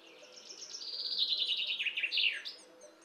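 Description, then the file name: Common chaffinch song: a trill of high notes descending steadily and closing with a brief flourish. "Fringilla coelebs"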